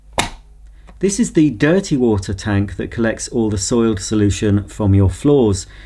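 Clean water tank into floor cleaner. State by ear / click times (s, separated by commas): seated / 0.2 s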